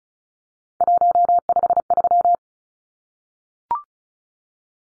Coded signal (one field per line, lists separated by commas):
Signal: Morse code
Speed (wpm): 34 wpm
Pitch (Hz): 700 Hz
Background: none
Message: 153